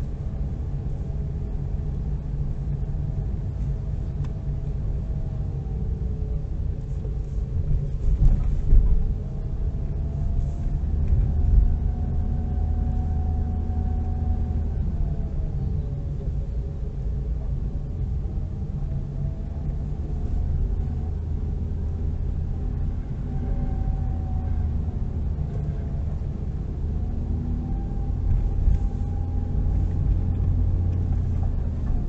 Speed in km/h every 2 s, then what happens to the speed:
22, 22, 19, 19, 24, 25, 24, 18, 22, 25, 27, 26, 25, 28, 28, 27.
0-6 steady at about 19. 6-11 speeds up to 25. 11-15 slows to 18. 15-20 speeds up to 27. 20-32 steady at about 27.